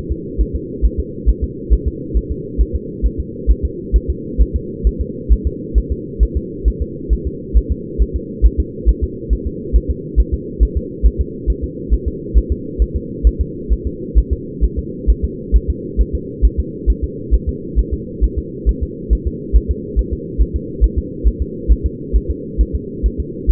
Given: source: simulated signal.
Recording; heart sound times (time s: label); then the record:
fetal heart sounds
0.12 s: S2
0.41 s: S1
0.56 s: S2
0.85 s: S1
1.00 s: S2
1.29 s: S1
1.44 s: S2
1.73 s: S1
1.88 s: S2
2.17 s: S1
2.31 s: S2
2.61 s: S1
2.75 s: S2
3.06 s: S1
3.20 s: S2
3.51 s: S1
3.65 s: S2
3.96 s: S1
4.10 s: S2
4.41 s: S1
4.56 s: S2
4.87 s: S1
5.01 s: S2
5.32 s: S1
5.47 s: S2
5.78 s: S1
5.92 s: S2
6.23 s: S1
6.37 s: S2
6.68 s: S1
6.82 s: S2
7.13 s: S1
7.27 s: S2
7.57 s: S1
7.72 s: S2
8.02 s: S1
8.16 s: S2
8.46 s: S1
8.60 s: S2
8.89 s: S1
9.03 s: S2
9.33 s: S1
9.47 s: S2
9.76 s: S1
9.91 s: S2
10.20 s: S1
10.34 s: S2
10.63 s: S1
10.77 s: S2
11.06 s: S1
11.21 s: S2
11.50 s: S1
11.64 s: S2
11.94 s: S1
12.08 s: S2
12.38 s: S1
12.52 s: S2
12.82 s: S1
12.96 s: S2
13.27 s: S1
13.41 s: S2
13.72 s: S1
13.87 s: S2
14.18 s: S1
14.33 s: S2
14.64 s: S1
14.79 s: S2
15.10 s: S1
15.25 s: S2
15.56 s: S1
15.70 s: S2
16.01 s: S1
16.15 s: S2
16.45 s: S1
16.59 s: S2
16.90 s: S1
17.04 s: S2
17.34 s: S1
17.49 s: S2
17.79 s: S1
17.94 s: S2
18.24 s: S1
18.38 s: S2
18.69 s: S1
18.83 s: S2
19.13 s: S1
19.27 s: S2
19.56 s: S1
19.71 s: S2
19.99 s: S1
20.13 s: S2
20.41 s: S1
20.56 s: S2
20.84 s: S1
20.98 s: S2
21.28 s: S1
21.42 s: S2
21.72 s: S1
21.86 s: S2
22.16 s: S1
22.31 s: S2
22.61 s: S1
22.75 s: S2
23.06 s: S1
23.20 s: S2
23.51 s: S1
From the record:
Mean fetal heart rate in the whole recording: 135 bpm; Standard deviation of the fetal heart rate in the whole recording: 3 bpm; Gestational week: 34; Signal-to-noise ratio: -4.1 dB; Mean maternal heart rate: no maternal heart sound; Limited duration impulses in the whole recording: absent